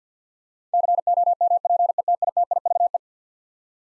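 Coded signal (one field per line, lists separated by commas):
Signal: Morse code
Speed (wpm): 47 wpm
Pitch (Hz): 700 Hz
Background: none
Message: COMPETITIVE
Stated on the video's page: Morse code word drill of eleven-letter words at 50 wpm, each sent, then spoken, then sent again for head-copy practice.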